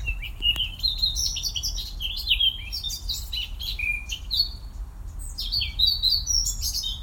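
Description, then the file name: Eurasian blackcap song: a continuous, fast warble mixing chattering notes with clear, fluty whistles that jump up and down in pitch, over low background hum. "Sylvia atricapilla"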